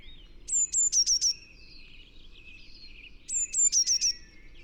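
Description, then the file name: Eurasian blue tit calls: two bursts of thin, high notes in quick series, each followed by a lower buzzy trailing sound, about three seconds apart. "Cyanistes caeruleus"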